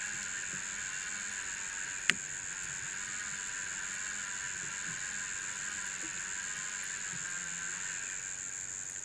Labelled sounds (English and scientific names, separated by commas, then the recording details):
none
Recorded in pastures near Puerto Asís, Putumayo, Colombia, on 30 June 2025 at 16:00
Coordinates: 0.486, -76.323
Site H29